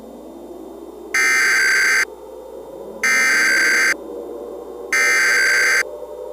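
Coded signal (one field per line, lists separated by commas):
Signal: Emergency Alert System (SAME) tones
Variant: header bursts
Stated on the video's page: Simulated EAS alert of an attack, made with macros.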